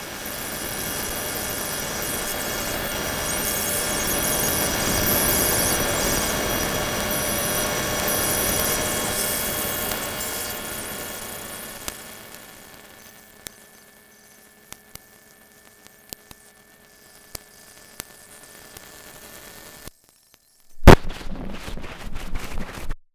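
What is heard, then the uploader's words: A recording of sound high in the stratosphere opens with a dense, steady rumble laced with sustained whining tones that fade away by about thirteen seconds. Sparse faint clicks follow, then brief silence near twenty seconds and a loud, crackling burst. High Altitude Student Platform Sound - 100x. Placed infrasound (below audible frequency sound) microphones 22 miles above the Earth in order to quantify the acoustic wavefield of the stratosphere. The sound files featured here have been sped up by 100 times to bring the signals into audible range.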